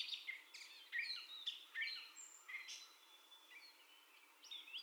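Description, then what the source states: Gray catbird song in a few squeaky, scratchy phrases near the start, trailing off into quieter, thinner notes. First song, recorded 30 May 2021.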